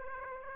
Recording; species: mosquito wingbeat signal from an infrared sensor; Aedes aegypti